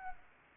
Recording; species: mosquito wingbeat signal from an infrared sensor; Anopheles arabiensis